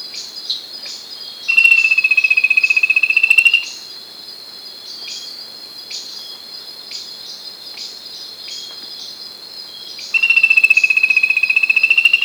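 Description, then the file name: Bird call: two long, evenly pulsed whistled notes, each about two seconds, separated by a pause, over constant high-pitched insect-like buzzing and clicks. "SABIOD 50 bird 2015"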